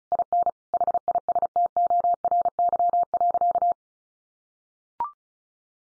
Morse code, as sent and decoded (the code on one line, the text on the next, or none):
.. -. / .... .. ... - --- .-. -.-- .-.-.-
IN HISTORY.